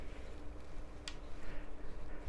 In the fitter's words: I don't know how well that comes through over the microphone but there is a little click when your tab fully engages